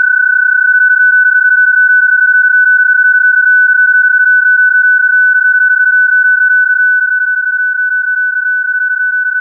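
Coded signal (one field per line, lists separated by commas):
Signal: PSK31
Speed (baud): 31.25 baud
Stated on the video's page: Data modes received on 20 meters.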